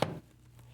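The hinged plastic lid of a Zojirushi Home Bakery Virtuoso bread machine is closed over the baking pan and shuts with a sharp click at 0.0 s, followed by a brief low-frequency thud that fades by about 0.2 s. A steady low hum continues underneath. The lid latches securely, since an unsecured lid would show "lid" on the control panel.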